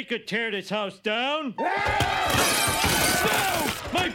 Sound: soundbite of crowd yelling, glass breaking and other destruction

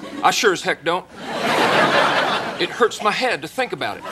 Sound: soundbite of laughter

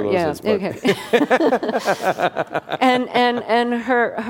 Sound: laughter

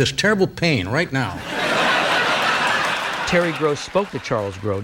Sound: laughter

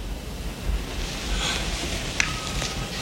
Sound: sniffing

